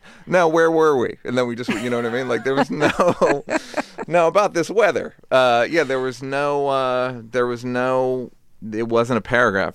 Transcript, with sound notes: Now, where were we? And then we just - you know what I mean? Like, there was no... (Laughter) Now about this weather. Yeah, there was no - there was no - it wasn't a paragraph.